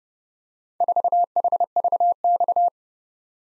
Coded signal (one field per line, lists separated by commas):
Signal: Morse code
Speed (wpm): 30 wpm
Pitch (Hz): 700 Hz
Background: none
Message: 4HVX